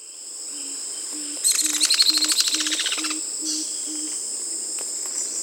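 Dusky myzomela calling: a quick burst of sharp, high chips running for under two seconds, over a steady high-pitched insect drone and faint low regular pulses.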